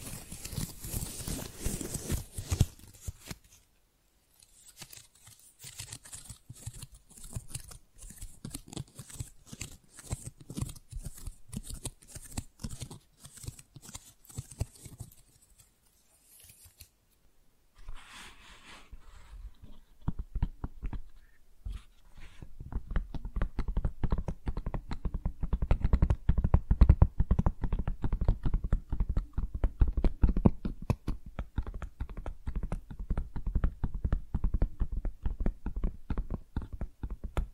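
Flowers being handled in quick, dense crinkling and snipping clicks. The first few seconds are loud, then a quieter stretch of rapid light ticks runs until a brief pause near 17 seconds. From about 22 seconds the crackling grows louder and fuller, with soft low thumps underneath.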